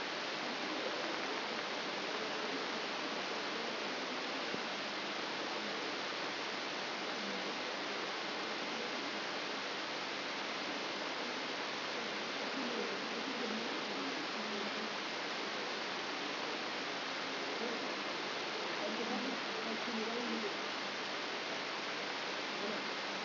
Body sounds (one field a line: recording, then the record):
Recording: brain microelectrode recording played as sound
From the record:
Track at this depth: inside the subthalamic nucleus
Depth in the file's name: 4.502 mm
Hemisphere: left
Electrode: 3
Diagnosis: Parkinson's disease